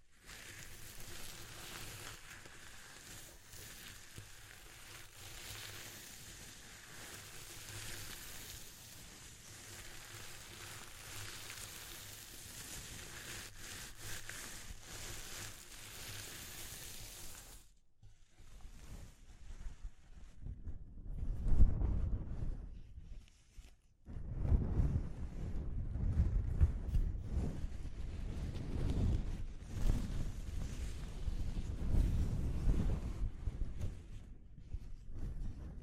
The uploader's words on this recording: ASMR Exploring Textures (No Talking).